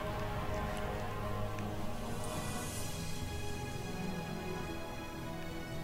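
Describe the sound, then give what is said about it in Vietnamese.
Steady rain falls without pause, a dense hiss of drops broken by faint ticking patters, holding an even, moderate loudness from start to finish with no voices. “Từng hạt mưa như từng mũi tên găm vào các vị trí khác nhau trên cơ thể.”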